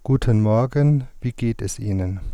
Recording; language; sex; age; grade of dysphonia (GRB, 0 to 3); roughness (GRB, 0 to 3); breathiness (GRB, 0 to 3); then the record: spoken sentence; German; male; 40 to 49 years; 2; 1; 0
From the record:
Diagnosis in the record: psychogenic dysphonia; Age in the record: 47 years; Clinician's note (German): Phonastetisch